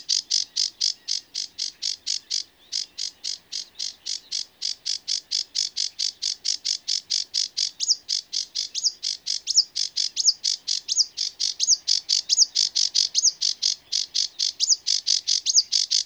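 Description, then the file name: Sedge warbler singing a fast, steady run of dry, buzzy chattering notes, repeated rapidly with little pause across the whole stretch. "Rietzanger"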